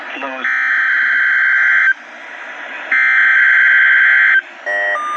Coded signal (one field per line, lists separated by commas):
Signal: Emergency Alert System (SAME) tones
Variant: header bursts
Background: speech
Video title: EAS #117 Required Weekly Test